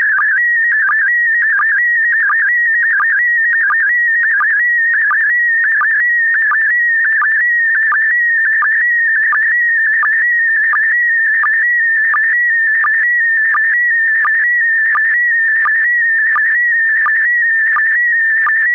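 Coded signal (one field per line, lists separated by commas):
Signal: SSTV (slow-scan television)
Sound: warbling whistle-like tone shifting in pitch, with regular short low blips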